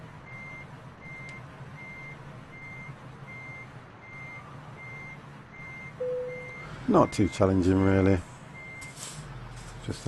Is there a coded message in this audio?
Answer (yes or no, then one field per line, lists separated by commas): no